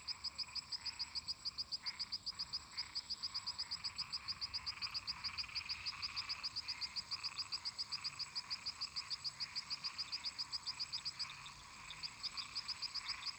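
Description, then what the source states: Frogs and toads: frogs calling: a long, fast series of sharp high notes, roughly four a second, sustained nearly throughout above a dense, buzzing chorus. Many toads and frogs calling together in a marsh.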